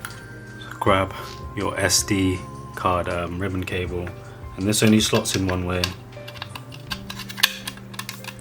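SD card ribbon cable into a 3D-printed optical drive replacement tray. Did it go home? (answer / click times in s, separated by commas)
yes / 7.4 s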